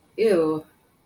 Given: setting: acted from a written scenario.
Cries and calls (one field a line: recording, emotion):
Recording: vocal sound without words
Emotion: disgust